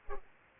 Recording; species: mosquito wingbeat signal from an infrared sensor; Culex pipiens